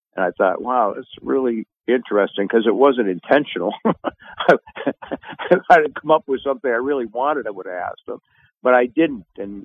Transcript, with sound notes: "And I thought, wow, that's really interesting, 'cause it wasn't intentional. (laughs) If I'd have come up with something I really wanted, I would have asked him, but I didn't.